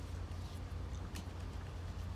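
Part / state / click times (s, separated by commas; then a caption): wiper blade clip onto windshield wiper arm hook / seated / 1.2 s. A new windshield wiper blade's plastic clip is slid onto the metal hook of the wiper arm over a steady low hum. A short, sharp click sounds at 1.2 s as the clip seats on the hook, and it is tight enough.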